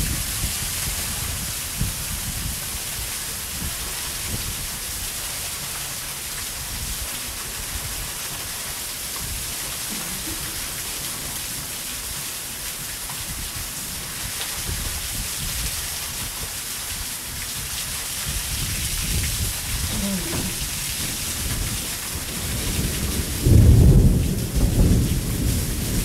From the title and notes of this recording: Sights & Sounds Summer Rain. If you visit Fort Wilderness in the summer, you are bound to run into a little precipitation.